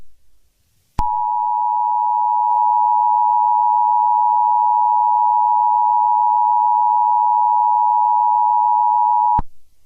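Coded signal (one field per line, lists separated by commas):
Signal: Emergency Alert System (SAME) tones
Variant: 853 and 960 Hz attention tone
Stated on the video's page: Custom-made, not genuine, EAS alert.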